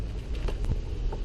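A coolant hose quick connector on a BMW M235i is handled during an upper radiator hose replacement, with soft knocks and rustles over a low, steady rumble. It is being moved toward its fitting, but nothing has seated or clicked yet.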